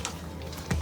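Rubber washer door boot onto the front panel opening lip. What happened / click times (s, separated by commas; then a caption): The rubber door seal snapped onto the cabinet lip / 0.0 s, 0.7 s. Thumbs push the replacement rubber door boot (bellows) of an LG front-load washer, replacing a moldy one, over the ridge of the front cabinet opening, working down from 12 o'clock before the big spring goes on. Two short clicks are heard at 0.1 s and 0.7 s, the second followed by a low thud. The boot lip seats into place on the opening.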